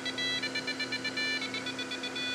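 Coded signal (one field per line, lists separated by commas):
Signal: none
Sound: motherboard speaker music beeps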